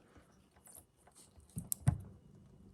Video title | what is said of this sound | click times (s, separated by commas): JoyTutus GM Truck LED 3rd Brake Light Install/Review | push it on until it clicks on like that | 1.7 s